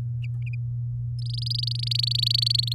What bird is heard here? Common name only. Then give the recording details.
Domestic Canary. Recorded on 10 May 2018 at 06:21. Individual llb16